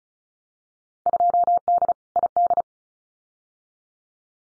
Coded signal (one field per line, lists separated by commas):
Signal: Morse code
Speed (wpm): 34 wpm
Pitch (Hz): 700 Hz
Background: none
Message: 2D ID